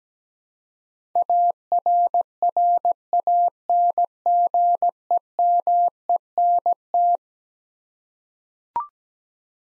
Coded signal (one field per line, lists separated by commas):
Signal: Morse code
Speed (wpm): 17 wpm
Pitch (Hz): 700 Hz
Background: none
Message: ARRANGEMENT